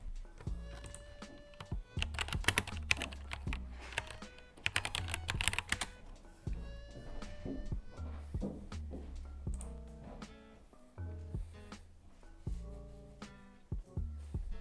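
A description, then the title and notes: Keyboard typing while doing homework, coming in fast, dense bursts of clicks separated by short pauses, the busiest runs around two to six seconds. Quieter, sparser tapping follows, over a steady low hum. Keyboard sounds of me doing my homework. Keyboard from battletron, black switch + rgb. Mic : fifine k669b. You can hear me in front of my computer either doing my homework or playing.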